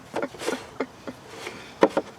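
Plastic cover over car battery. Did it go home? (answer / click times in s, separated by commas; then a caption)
no / none. A plastic cover that slides over the battery of a 2016 Impala is pressed on, giving a series of brief plastic knocks and rubs at about 0.2, 0.8, 1.1, 1.8 and 2.0 seconds. The cover does not latch, and nothing has snapped or clicked into place yet, possibly because it is on backwards.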